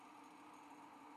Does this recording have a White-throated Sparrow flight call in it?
no